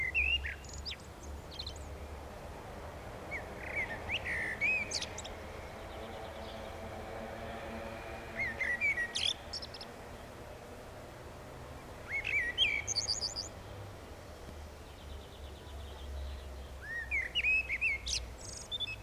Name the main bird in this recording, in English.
Common Blackbird